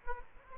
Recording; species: mosquito wingbeat signal from an infrared sensor; Aedes aegypti